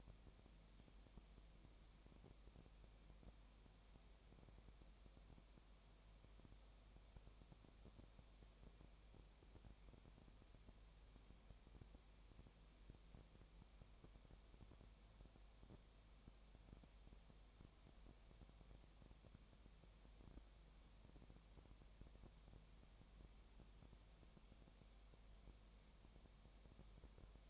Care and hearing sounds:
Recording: daily activity, microphone in the room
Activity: no activity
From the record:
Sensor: 1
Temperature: 19.7 degrees Celsius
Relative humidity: 37.0%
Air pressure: 1007.2 hPa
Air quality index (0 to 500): 144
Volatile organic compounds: 5 ppm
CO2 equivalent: 1760 ppm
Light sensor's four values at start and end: 1/2/1/1 and 1/2/1/1

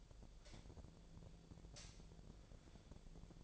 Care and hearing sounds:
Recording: daily activity, microphone in the room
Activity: light on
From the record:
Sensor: 5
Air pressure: 1009.8 hPa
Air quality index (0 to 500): 158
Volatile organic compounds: 4 ppm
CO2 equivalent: 1543 ppm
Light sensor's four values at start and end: 147/377/157/167 and 148/378/157/168

